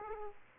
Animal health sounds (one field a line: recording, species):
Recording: mosquito wingbeat signal from an infrared sensor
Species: Aedes aegypti